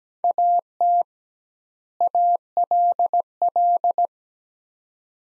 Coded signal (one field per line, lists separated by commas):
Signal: Morse code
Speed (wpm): 17 wpm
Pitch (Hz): 700 Hz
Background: none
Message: AT ALL